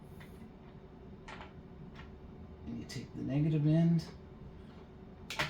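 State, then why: Seated. Someone talks as the negative banana plug is pushed into a speaker's binding post. A short, sharp click is heard at 5.3 s as the plug seats in the post.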